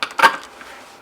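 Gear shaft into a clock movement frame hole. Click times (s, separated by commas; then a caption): 0.0 s. While a 1948 NuTone CH4000 Madison chiming clock is being reassembled, a gear shaft that was off a little is straightened to sit perpendicular and pushed into its hole in the metal frame of the clock movement. It pops into place with a sharp click at 0.0 s, followed by a louder metallic clatter around 0.2 s that fades out. The shaft is seated in its hole.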